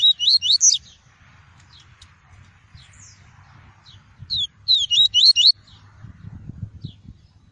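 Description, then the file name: Double-collared seedeater song: two bursts of rapid, high, twisting warbled notes, each about a second long, separated by a few seconds of quiet over a low steady hum. "tui-tui" song variety. "canto do papa capim tui tui"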